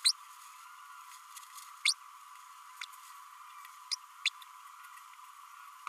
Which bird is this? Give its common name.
Green-rumped Parrotlet